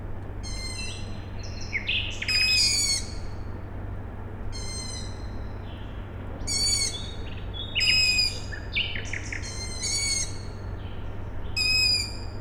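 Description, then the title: Owl chicks calling in several raspy squealing bursts at irregular intervals over a constant low hum. Owl chicks calling at night, Tuesday 21 May 2019, Siemianowice Śląskie, Poland; industrial plant audible in background; recorded with Zoom H5 and Audio-Technica BP4025. "Siemianowice Śląskie, Polska - Owl chicks"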